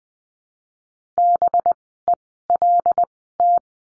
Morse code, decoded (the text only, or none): BELT